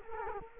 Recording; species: mosquito wingbeat signal from an infrared sensor; Culex quinquefasciatus